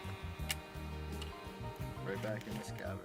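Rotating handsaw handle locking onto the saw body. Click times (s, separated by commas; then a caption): 0.5 s. The handsaw handle of a combination pole/hand saw is rotated around and pushed onto the saw body until it locks, giving one sharp snap at 0.5 s as it seats. Someone talks over background music throughout.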